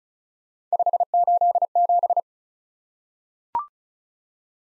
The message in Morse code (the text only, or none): 587